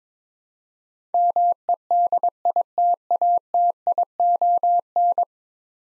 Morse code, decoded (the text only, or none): MEDITATION